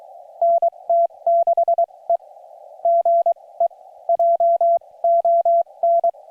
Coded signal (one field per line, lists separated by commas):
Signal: Morse code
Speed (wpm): 24 wpm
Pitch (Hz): 680 Hz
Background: none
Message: NT6E GE JON